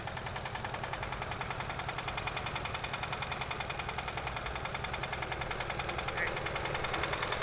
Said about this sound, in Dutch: Dan komt de helikopter weer voorbij.